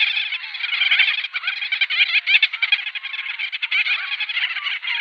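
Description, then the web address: Gull-billed tern chorus, many birds giving overlapping nasal, chattering calls in a steady mass with brief louder notes. "Schulze Peter Gull-billed Tern"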